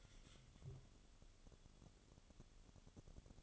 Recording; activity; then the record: daily activity, microphone in the room; take from stove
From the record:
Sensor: 4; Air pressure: 1008.8 hPa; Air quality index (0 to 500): 120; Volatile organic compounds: 1 ppm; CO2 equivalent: 886 ppm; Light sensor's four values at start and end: 10/23/9/9 and 10/23/9/8